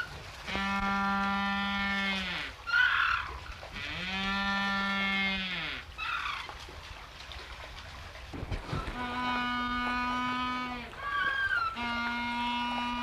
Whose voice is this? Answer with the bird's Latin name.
Spheniscus humboldti